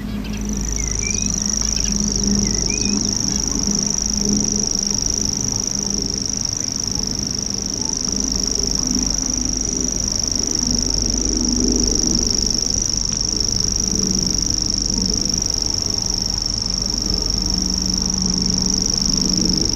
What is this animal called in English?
Common Grasshopper Warbler